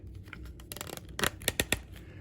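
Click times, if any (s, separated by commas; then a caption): 1.7 s. A plastic wing piece is pushed into the side socket on an action figure's back, with handling rustle and scrapes, then a run of sharp plastic ticks near the end. The wing snaps into place and seats at 1.7 s.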